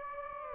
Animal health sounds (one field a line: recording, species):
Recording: mosquito wingbeat signal from an infrared sensor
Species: Anopheles gambiae